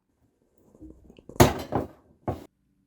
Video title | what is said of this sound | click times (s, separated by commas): uL Shaking Error Fix Whirlpool Cabrio Washer, Suspension Rod Installation Tips W10820048 Repair | going to push on the socket and you're gonna actually hear a pop | 1.4 s